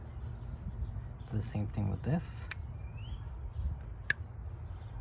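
Someone talks as the second plastic connector of a BEAMTECH 9006 LED low-beam upgrade bulb for a 2011 Toyota Corolla with DRLs is pushed together into its adapter connector. A single sharp click at 4.1 s marks the connector seating in place.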